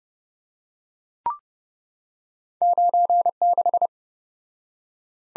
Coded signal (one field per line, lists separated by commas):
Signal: Morse code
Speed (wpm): 28 wpm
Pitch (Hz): 700 Hz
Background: none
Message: 96